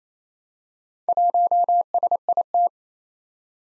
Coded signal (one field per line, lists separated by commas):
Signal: Morse code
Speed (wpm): 27 wpm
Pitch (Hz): 700 Hz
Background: none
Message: 1SIT